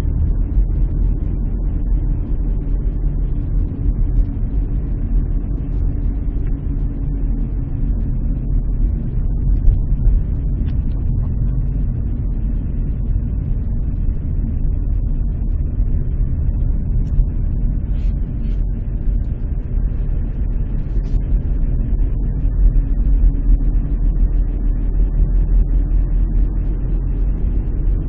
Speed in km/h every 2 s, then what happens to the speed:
32, 31, 30, 29, 27, 26, 26, 26, 26, 26, 28, 31, 32, 34.
0-18 steady at about 26. 18-28 speeds up to 34.